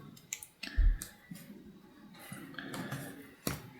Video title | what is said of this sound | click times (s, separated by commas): A fun to build Wooden Printing Press! | There we go. And I don't know if you heard that snap. | 0.3 s